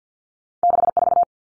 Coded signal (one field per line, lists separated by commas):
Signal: Morse code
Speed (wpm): 50 wpm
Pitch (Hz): 700 Hz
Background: none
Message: 64